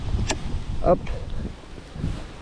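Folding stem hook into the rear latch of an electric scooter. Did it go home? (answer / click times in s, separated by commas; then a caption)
yes / 0.3 s. The folding stem hook of a G-Force S10 electric scooter is pushed into its rear latch after the folding button is pressed and the stem is folded down for putting in a car. A sharp, loud knock is heard at 0.3 s over low background rumble, and then someone talks. The hook is seated and properly engaged in its catch.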